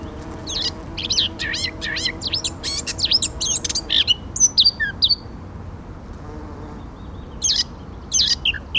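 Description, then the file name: Eurasian blackcap song opening with a burst of scratchy, chattering notes, followed by a pause and a few scattered sharper notes near the end. "Sylvia atricapilla"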